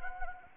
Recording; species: mosquito wingbeat signal from an infrared sensor; Anopheles gambiae